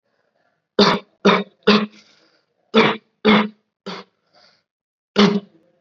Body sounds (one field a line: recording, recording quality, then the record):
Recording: shallow voluntary cough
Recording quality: excellent, no background noise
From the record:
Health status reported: COVID-19 positive, mild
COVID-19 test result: positive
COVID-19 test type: rapid antigen test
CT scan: not taken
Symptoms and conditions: fever, fatigue, muscle pain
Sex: male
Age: 18 years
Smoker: no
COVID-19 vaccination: none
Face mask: worn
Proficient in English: yes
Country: India